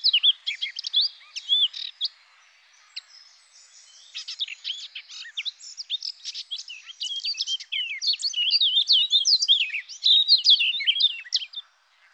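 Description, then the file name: Eurasian blackcap warbling in two bursts, a brief scratchy phrase then a long, jumbled run of high chirps and slurred whistles growing louder. "Fauvette-à-tête-noire"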